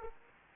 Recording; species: mosquito wingbeat signal from an infrared sensor; Aedes aegypti